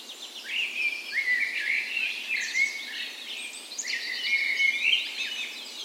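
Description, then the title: Birds in full dawn chorus, varied whistled and warbling phrases from several singers overlapping, with sharp downslurred notes and fast chattering bursts. Dawn chorus recorded the morning of 17 May, Norway's National Day, in a park west in Bergen, Norway, in full spring; Sony PCM A10 recorder with LOM Usi microphones as tree ears. "17th Of May Dawn Chorus"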